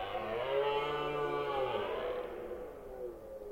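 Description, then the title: Red deer stag roaring: a long, deep, growling bellow, rough and rich in harmonics, fading out against a soft background hiss. Rutting season, Forêt d'Orléans, France. "Red Deer Rut - Forêt d'Orleans, France"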